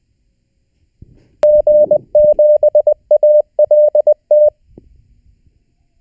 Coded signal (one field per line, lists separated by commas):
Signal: Morse code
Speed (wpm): 20 wpm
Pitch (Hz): 600 Hz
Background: none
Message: G7ALT